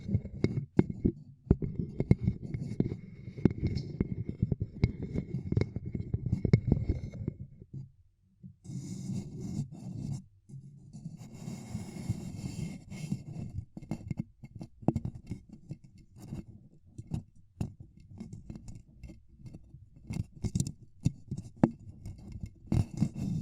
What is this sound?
Ear Cupping Triggers